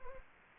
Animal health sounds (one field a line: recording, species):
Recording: mosquito wingbeat signal from an infrared sensor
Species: Anopheles gambiae